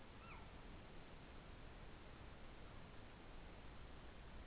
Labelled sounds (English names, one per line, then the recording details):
Morepork weow call
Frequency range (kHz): Morepork 0.6-2.8 kHz
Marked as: faintness 4/5
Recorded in New Zealand
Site Taranaki